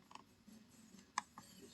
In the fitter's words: snaps right into place